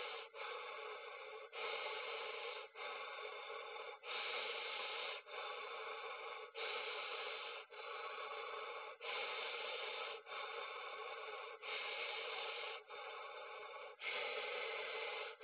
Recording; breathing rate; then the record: paced breathing near a phone; 24 breaths a minute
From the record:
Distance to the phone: 20 cm